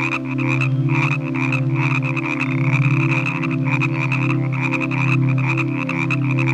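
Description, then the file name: Frogs croaking in a dense chorus, a steady low pulsing drone with overlapping rattling calls and a higher trilling band running throughout. Frogs calling in the evening. "Relaxing Nature Sounds Collection - Evening with Frog Music"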